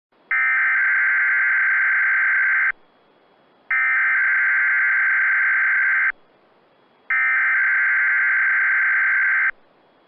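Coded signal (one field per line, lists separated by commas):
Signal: Emergency Alert System (SAME) tones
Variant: header bursts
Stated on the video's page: Weather alert broadcast on Weather Radio Canada.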